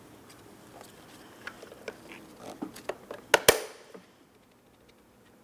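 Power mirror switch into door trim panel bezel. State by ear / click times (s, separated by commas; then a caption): seated / 3.3 s, 3.5 s. A power mirror switch for a 2004-2008 Pontiac Grand Prix is aligned with its ports and pressed into the plastic door trim panel bezel. Several faint ticks and rubbing sounds come first, then two sharp, loud clicks at 3.3 s and 3.5 s as the four locking tabs snap and the switch seats in the panel.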